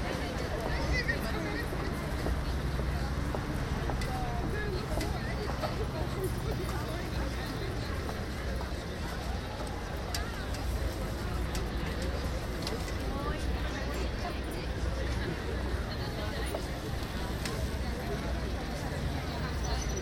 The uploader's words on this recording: Café-terrassen op de de Grote Markt in Den Haag. General atmosphere. Café terraces at the Grote Markt in The Hague.